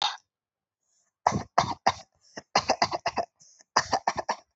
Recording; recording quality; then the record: shallow voluntary cough; excellent, no background noise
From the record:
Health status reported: healthy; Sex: male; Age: 21 years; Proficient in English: no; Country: India